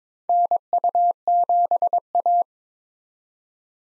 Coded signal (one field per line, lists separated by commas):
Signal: Morse code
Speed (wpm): 22 wpm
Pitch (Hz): 700 Hz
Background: none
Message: NU7A